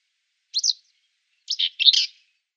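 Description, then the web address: Common whitethroat giving short, harsh, scratchy notes: one brief double note, then a longer scratchy burst about a second later. "Schulze Peter Whitethroat song"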